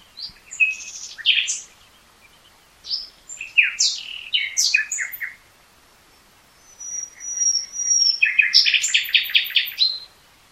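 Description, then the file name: Common nightingale song: varied bursts of chattering and whistled notes, then a long thin whistle leading into a fast, loud rattling trill. "Luscinia megarhynchos"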